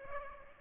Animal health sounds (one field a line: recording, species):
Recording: mosquito wingbeat signal from an infrared sensor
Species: Culex pipiens